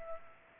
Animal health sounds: mosquito wingbeat signal from an infrared sensor; Culex pipiens

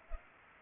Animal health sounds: mosquito wingbeat signal from an infrared sensor; Culex pipiens

